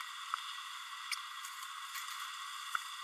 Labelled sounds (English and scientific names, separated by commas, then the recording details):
Green-rumped Parrotlet (Forpus passerinus) babbling
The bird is a male
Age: 31 days
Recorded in a nest box in Venezuela
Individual 17B32A6